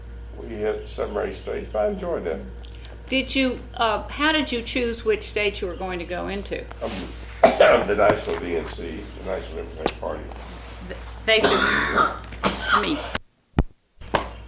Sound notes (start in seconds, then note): 7.3 coughs; 11.3 coughs